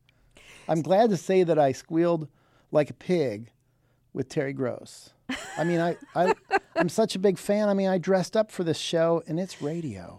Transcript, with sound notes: I'm glad to say that I squealed like a pig with Terry Gross.
(Laughter).
I mean, I'm such a big fan. I mean, I dressed up for this show, and it's radio.